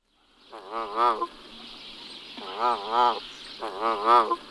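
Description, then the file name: Canada goose giving three wavering nasal honks, each doubled, over a soft background hiss. "berneška-kanadská"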